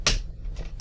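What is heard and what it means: A plastic screen bezel on an HP 15-f004dx laptop is pressed back onto the lid's back cover, with a hand braced behind to support it so the screen isn't flexed or broken. One of its clips snaps into place with a sharp little click at 0.1 s, followed by a fainter tap near 0.8 s. The bezel clip is seated.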